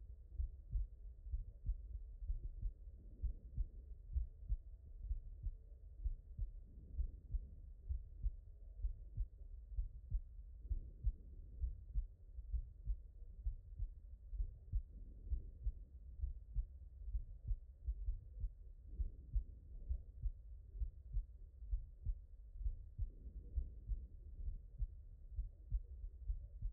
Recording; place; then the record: heart sounds by stethoscope; pulmonary valve (PV)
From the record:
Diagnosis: non-HFrEF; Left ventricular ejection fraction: 59%